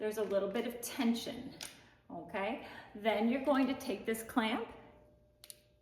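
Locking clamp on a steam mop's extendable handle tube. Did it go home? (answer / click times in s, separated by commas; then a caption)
yes / 5.4 s, 5.5 s. A plastic locking clamp is closed over the extended telescopic handle tube of a Euroflex Vapour M2R steam mop while someone talks. After the talking fades, two sharp ticks come in quick succession at 5.4 s and 5.5 s as the clamp clicks shut and seats.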